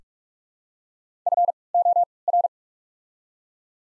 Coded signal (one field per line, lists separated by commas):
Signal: Morse code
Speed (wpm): 48 wpm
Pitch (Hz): 700 Hz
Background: none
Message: F O R